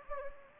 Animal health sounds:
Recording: mosquito wingbeat signal from an infrared sensor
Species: Anopheles gambiae

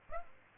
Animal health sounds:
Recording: mosquito wingbeat signal from an infrared sensor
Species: Aedes aegypti

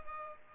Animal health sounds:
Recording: mosquito wingbeat signal from an infrared sensor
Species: Culex pipiens

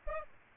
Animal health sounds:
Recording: mosquito wingbeat signal from an infrared sensor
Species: Aedes albopictus

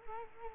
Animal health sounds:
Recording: mosquito wingbeat signal from an infrared sensor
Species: Culex quinquefasciatus

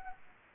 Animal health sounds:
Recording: mosquito wingbeat signal from an infrared sensor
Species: Anopheles gambiae

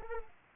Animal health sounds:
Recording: mosquito wingbeat signal from an infrared sensor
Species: Anopheles arabiensis

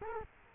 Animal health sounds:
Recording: mosquito wingbeat signal from an infrared sensor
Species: Culex quinquefasciatus

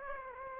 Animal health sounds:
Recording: mosquito wingbeat signal from an infrared sensor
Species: Aedes aegypti

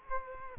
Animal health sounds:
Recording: mosquito wingbeat signal from an infrared sensor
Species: Culex quinquefasciatus

